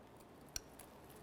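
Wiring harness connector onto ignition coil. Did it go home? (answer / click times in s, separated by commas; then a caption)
yes / 0.6 s. A wiring harness electrical connector is pressed onto the ignition coil terminal of a 2005-2010 Chevy Cobalt until it latches. A sharp click at 0.6 s is followed by softer ticks around 0.8 s and 1.3 s. The connector is seated and clicked in.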